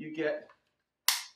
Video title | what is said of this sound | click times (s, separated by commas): Mafell P1cc Jigsaw demo from NMA ( Mafell UK) | the filler which just slaps into place and I'm now | 1.1 s